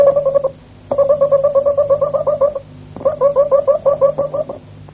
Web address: canarios cantoharz